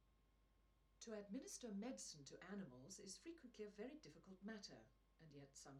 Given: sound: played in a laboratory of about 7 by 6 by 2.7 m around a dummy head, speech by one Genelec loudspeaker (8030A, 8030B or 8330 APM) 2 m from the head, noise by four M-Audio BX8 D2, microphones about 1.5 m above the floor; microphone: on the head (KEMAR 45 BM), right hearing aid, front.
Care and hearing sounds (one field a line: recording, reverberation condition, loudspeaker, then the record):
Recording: female speech in English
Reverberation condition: low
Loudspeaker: in front (0 degrees)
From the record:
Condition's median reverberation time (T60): about 310 ms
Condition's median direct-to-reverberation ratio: about 3.5 dB